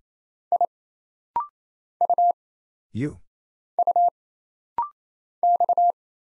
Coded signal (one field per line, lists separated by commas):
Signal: Morse code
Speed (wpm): 28 wpm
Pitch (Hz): 700 Hz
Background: none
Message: I U U X